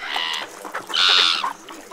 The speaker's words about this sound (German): Schaut mal, jetzt kommen die Möwen angeflogen. Die kreischen ganz schön laut.